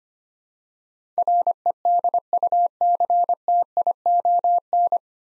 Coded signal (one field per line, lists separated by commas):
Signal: Morse code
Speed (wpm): 25 wpm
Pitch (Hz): 700 Hz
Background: none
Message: REDUCTION